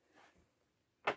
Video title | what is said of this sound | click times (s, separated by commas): From The Tip: Canary Yellow Hoover Turbopower Motor Service And Maintenance Part 3 Of 4 | and it'll click into place because these bags do click into place. | 1.1 s